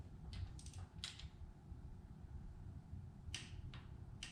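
A click-type torque wrench set to 89 inch-pounds tightens a cam cap bolt in the cylinder head of a 2007 GT500 during a cam install. Several short, sharp metallic ticks sound over a low background rumble, and the wrench clicks at its setting at 4.2 s.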